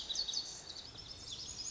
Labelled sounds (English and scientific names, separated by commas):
Lazuli Bunting (Passerina amoena)